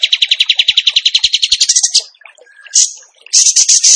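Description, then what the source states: Bird rattling off a quick series of high repeated notes, then a brief pause before sharp chattering phrases resume. Masteran (training recording) in the tembakan gacor song style.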